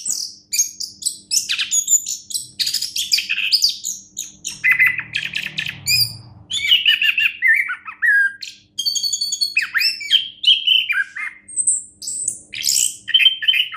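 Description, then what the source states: Chestnut-capped thrush song, a lively stream of bright whistled phrases mixed with scratchy, buzzy notes and quick trills, pitch jumping constantly, with a faint low hum midway. Captive individual, locally called anis kembang, kept in Graha Raya, Tangerang.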